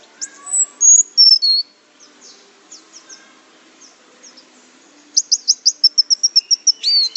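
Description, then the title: Orange-headed thrush song beginning with a few high falling whistles, a soft quiet stretch, then a fast run of repeated sharp notes. "Anis Merah"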